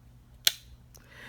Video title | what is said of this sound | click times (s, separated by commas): WIP & Chat-Minion Love-DAC-5 Productive Hobbies That Help You Build Useful Skills-DAC | so when i hear that click i know it's locked | 0.5 s